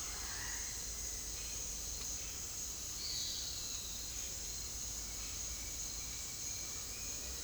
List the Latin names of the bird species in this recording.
Rupornis magnirostris, Attila spadiceus